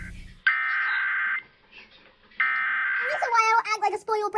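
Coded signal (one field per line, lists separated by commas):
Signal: Emergency Alert System (SAME) tones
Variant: header bursts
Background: speech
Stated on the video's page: EAS test alerts issued by Missouri.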